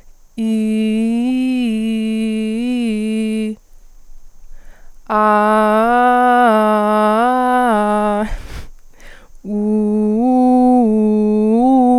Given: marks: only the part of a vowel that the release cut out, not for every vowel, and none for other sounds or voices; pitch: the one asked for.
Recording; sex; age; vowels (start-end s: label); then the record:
sustained vowels; female; 20 to 29 years
0.47-2.18 s: vowel /i/, low-high-low pitch
5.20-6.89 s: vowel /a/, low-high-low pitch
9.60-11.42 s: vowel /u/, low-high-low pitch
From the record:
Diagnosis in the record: healthy voice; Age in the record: 24 years